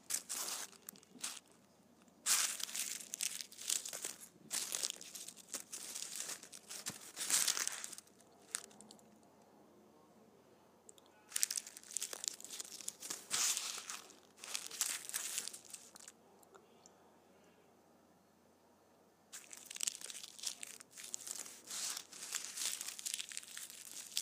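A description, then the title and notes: Candy wrappers crinkle and crackle in bursts of sharp, bright, papery rustling, with clusters around 2–4, 6–8, 11–16 and 19–24 seconds. Between bursts there are near-silent pauses, and the crumpling within each burst is dense and irregular, with occasional louder crunches. ASMR Candy Wrappers.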